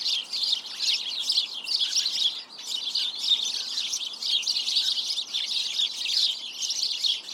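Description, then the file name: House sparrow group chatter, thick overlapping chirps that swell and dip slightly but never stop. "Passer domesticus"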